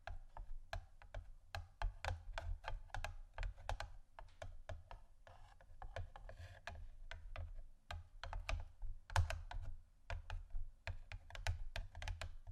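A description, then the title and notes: Gentle tapping on a keyboard-like surface, a steady run of quick, light clicks that come in uneven bursts with short pauses, around 6 and 9 seconds. Each tap is crisp and bright, and a soft low thump sits underneath throughout. ASMR Gentle Tapping Assortment (No Talking).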